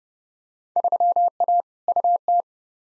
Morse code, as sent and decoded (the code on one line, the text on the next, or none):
...-- .- / ..- -
3A UT